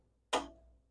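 After readjustment, the forward clutch control lever on a Gravely Model L garden tractor is pushed over center and snaps firmly into its locked place at 0.3 s. A single sharp, bright snap rises out of near silence and fades within about a quarter second. The lever is seated and locked, and the result is judged satisfactory.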